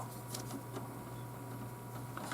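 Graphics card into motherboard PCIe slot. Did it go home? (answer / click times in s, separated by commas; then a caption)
no / none. A full-sized graphics card is lined up and oriented over the PCIe slot of a Dell XPS 8300 motherboard, with the retention clip beside it, before being pushed home. A steady low hum and a faint tone run under light handling noises, with small taps at about 0.3 and 2.2 seconds. The card has not seated or clicked yet.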